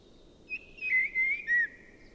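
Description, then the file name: Common blackbird giving a short whistled phrase of a brief lead-in note and three clear, mellow notes near one pitch, lasting about a second, over a faint steady background hiss. "Turdus merula"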